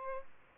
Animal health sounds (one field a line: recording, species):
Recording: mosquito wingbeat signal from an infrared sensor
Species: Aedes albopictus